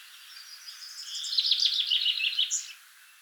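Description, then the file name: Common chaffinch song: a series of bright notes dropping lower and ending in a short high flourish, over background hiss. "Fringilla coelebs"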